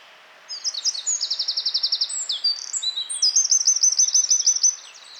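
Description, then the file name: Eurasian wren singing: a rapid cascade of piercing high notes with a dry trill in the middle and another near the end, delivered in one long energetic burst. "Troglodytes troglodytes"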